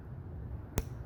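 The elevation/windage adjustment turret on a Leupold Mk6 1-6x20 FFP rifle scope is turned back to its reset position. A single sharp click rings out at 0.8 s over a low background hum. The turret lands back at zero.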